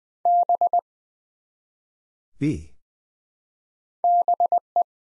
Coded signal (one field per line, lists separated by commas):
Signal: Morse code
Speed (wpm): 20 wpm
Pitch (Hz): 700 Hz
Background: none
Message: B BE